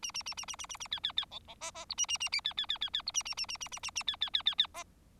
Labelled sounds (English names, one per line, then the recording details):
Bengalese Finch song
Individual Bird4